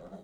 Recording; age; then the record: pig call; piglet (1 to 25 days)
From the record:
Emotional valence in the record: negative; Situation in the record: long isolation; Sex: male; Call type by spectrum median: low-frequency call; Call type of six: low-frequency stable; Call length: 0.24 s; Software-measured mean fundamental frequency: 61 Hz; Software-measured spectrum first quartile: 205 Hz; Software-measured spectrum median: 419 Hz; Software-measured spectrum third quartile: 647 Hz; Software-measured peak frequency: 191 Hz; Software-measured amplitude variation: 168 dB a second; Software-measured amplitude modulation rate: 10.4 a second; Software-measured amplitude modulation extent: 16.1 dB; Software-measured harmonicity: 2.4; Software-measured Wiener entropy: 0.19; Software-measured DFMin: 900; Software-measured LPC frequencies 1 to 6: 593, 3223, 3883, 4735, 6409, 7275 Hz